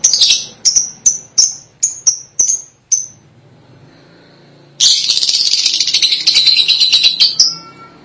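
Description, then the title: Lovebird calls: a run of about eight sharp high chirps, a quiet gap, then nearly three seconds of harsh, dense, rattling chatter. "BM Suara Burung Lovebird"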